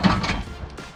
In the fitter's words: And then it locks into place here.